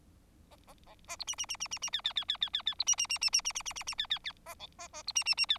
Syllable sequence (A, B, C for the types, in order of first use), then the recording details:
A A A A B C C C C C C D D D D D D D B C C C C C C C C C C D D D A E A A B C C C D. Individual Bird4